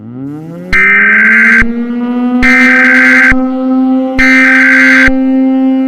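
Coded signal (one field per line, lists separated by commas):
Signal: Emergency Alert System (SAME) tones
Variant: header bursts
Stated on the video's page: Fictional analog-horror EAS scenario, simulated using Balabolka, Audacity, Adobe Premiere Pro and NtscQt.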